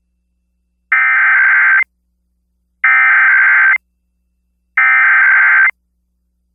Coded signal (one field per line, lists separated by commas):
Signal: Emergency Alert System (SAME) tones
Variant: header bursts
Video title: Emergency Alert System Roundup 3/3/2021